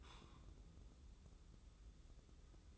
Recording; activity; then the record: daily activity, microphone in the room; take from stove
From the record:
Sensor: 3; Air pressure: 995.4 hPa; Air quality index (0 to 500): 85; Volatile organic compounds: 8 ppm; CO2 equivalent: 2052 ppm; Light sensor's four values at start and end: 25/78/33/28 and 25/78/33/28